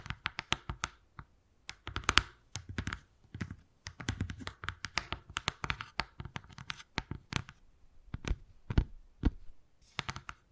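Wood carving sounds: quick, sharp taps and clicks arrive in irregular bursts throughout, some clustered closely and others spaced apart. Between the taps come brief, softer scraping passages, and a few louder, crisp knocks stand out near the end.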